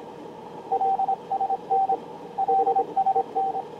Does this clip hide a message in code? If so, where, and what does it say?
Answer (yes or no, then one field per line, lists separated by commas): yes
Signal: Morse code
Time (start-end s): 0.7-3.6 s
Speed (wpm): 25 wpm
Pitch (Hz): 760 Hz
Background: radio noise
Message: LSN LSN